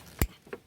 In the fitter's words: then just reconnect it. You'll hear a click.